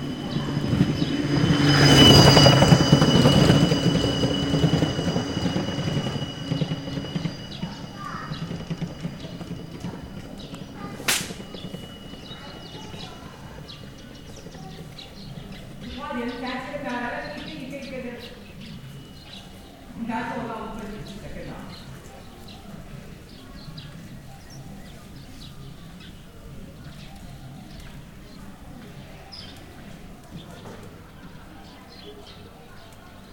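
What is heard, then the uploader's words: Dried beans are banged at the start, a loud dense clatter in the first few seconds with a sharp knock near eleven seconds. Voices then echo down a narrow street around sixteen and twenty seconds, over a quiet low hum that continues to the end. Banging dried beans. Voice echo on a narrow street.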